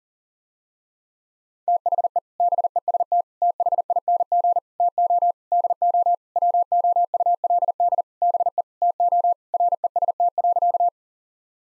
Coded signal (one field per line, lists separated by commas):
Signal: Morse code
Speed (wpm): 40 wpm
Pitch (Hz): 700 Hz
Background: none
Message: THE BEST THING TO DO WOULD BE TO REST.